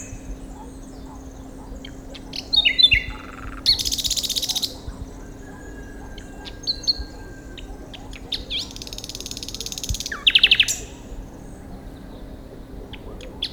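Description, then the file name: Common nightingale song: a short run of sharp chirps, then a dense buzzy burst, pauses, and later another harsh buzzy phrase, a quick downslurred note and a brief run of chirps. "Luscinia megarhynchos"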